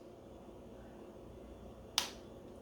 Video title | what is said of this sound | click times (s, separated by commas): Savi's Lightsaber Build! (Also How To Tips!) | there we go and it should snap into place | 2.0 s